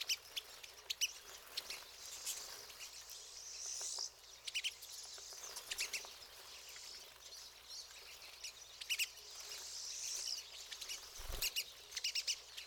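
Pine siskins twittering together, a dense, high, buzzy chorus punctuated by short clicks and one low thump.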